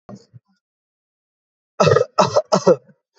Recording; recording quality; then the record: shallow voluntary cough; excellent, no background noise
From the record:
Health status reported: healthy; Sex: male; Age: 35 years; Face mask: not worn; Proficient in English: yes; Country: India